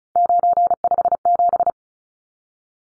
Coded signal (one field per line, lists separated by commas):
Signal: Morse code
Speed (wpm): 34 wpm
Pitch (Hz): 700 Hz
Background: none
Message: 957